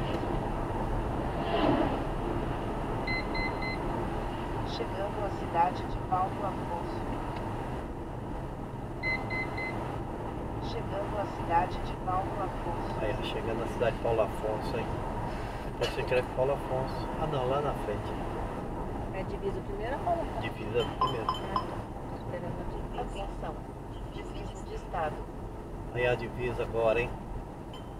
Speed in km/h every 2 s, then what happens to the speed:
88, 86, 81, 80, 83, 83, 80, 78, 76, 74, 73, 70, 68, 68.
0-5 slows to 80. 5-10 steady at about 83. 10-28 slows to 68.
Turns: none.